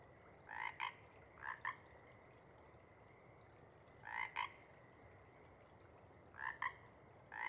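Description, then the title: Pacific chorus frogs giving two-part ribbit calls, several spaced pairs separated by short quiet gaps, with a faint steady background hum. Chorus at a pond in pre-morning twilight as late night wanes; temperature torpor sets in, individuals leave to hunt; full chorus breaks into waves circling the pond, then staccato sections tapering away. "Chorus Frogs, Chorus Waxes and Wanes, pre-morning-twilight"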